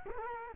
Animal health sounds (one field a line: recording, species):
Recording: mosquito wingbeat signal from an infrared sensor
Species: Culex quinquefasciatus